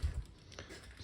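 A drilled steel locking pin is pulled up out of a homemade swing-out spare tire carrier on the rear of a 1978 Ford Bronco, releasing the carrier from its locked position. Two sharp, small metallic hits ring out at 0.5 s and 0.6 s after a low rumble at the start.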